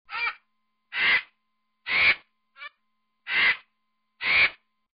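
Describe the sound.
Cape vulture giving harsh, hoarse, hissing bursts about once a second, with one shorter crackly note among them and silence between calls.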